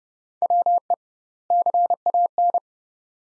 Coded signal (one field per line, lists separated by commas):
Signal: Morse code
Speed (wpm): 30 wpm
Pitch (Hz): 700 Hz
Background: none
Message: WE CAN